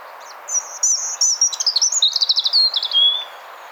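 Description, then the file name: European robin singing a high, sweet phrase of sliding whistles that breaks into a rapid twittering trill and ends on a thin descending note, over faint steady background hiss. "Erithacus rubecula"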